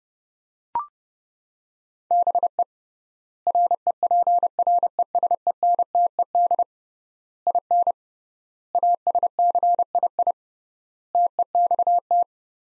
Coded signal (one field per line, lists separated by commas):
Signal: Morse code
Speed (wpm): 32 wpm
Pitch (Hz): 700 Hz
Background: none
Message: BE REPRESENTED IN ASCII TEXT